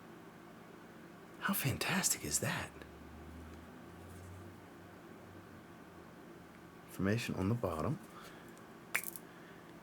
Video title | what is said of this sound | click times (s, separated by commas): High Heat FRAGRANCE HAUL Full of Variety for SUMMER 2023 - FragranceBuy Canada Day Sale | cat clicks into place some metal to the cap some heft the same logo that is on top of the cap is | 9.0 s